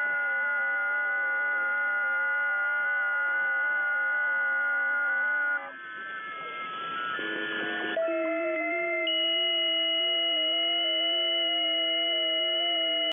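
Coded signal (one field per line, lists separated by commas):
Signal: FT8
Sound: many overlapping steady warbling tones, a brief noisy hiss gap, then tones resume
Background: radio static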